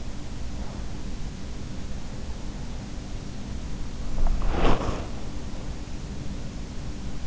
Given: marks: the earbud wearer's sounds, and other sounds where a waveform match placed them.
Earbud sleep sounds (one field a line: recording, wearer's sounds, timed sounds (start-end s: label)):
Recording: sounds in sleep by an in-ear microphone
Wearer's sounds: breath, body movement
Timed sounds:
0.41-2.64 s: breath
4.02-5.99 s: breath
4.10-5.30 s: body movement
4.13-5.56 s: sound from someone else or the room